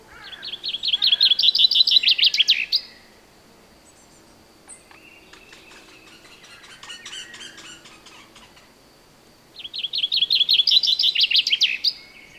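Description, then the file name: Common chaffinch song: a bright trill of rapid notes ending in a flourish, given twice about nine seconds apart. "Fringilla coelebs"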